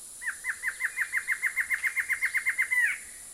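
Black-hooded antshrike singing a rapid series of clipped, evenly pitched notes that finish with a short upward slurred note; constant high hiss in background.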